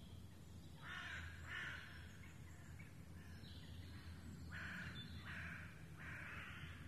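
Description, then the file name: Raven croaking in two bursts: a pair of harsh calls, a pause, then three more evenly spaced; high songbird notes and low background rumble throughout. Ravens recorded in the Forêt de Rambouillet on 24 May 2015. "150524 Ravens in Foret de Rambouillet"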